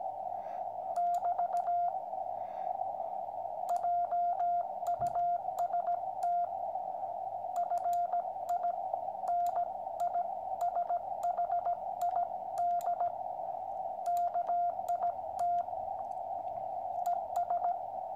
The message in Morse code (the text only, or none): <BT> JUST FINISHID KIT ES